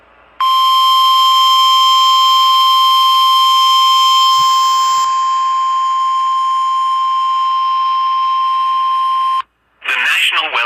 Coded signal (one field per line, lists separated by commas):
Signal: Emergency Alert System (SAME) tones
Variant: 1050 Hz attention tone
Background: speech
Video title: An Glitchy EAS Video... EAS Alerts From 8/11/23-8/12/23 (EAS 286-298)